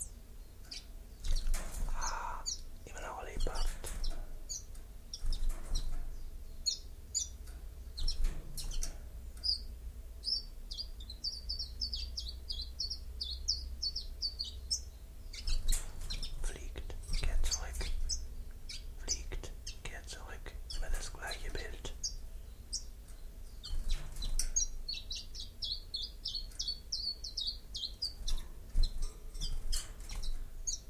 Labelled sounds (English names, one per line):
Common Chiffchaff song